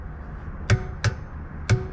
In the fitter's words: Oh, that's solid click right there.